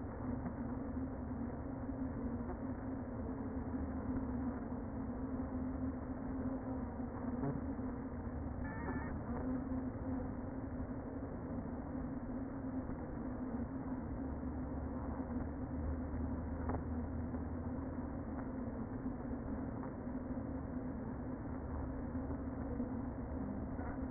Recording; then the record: honeybee colony, microphone inside the hive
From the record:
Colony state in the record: queen present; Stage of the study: before two queens were removed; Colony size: about 60,000 bees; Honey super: yes